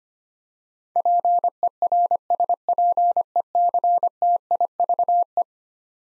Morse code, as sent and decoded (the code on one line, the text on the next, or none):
.--. . .-. ... .--. . -.-. - .. ...- .
PERSPECTIVE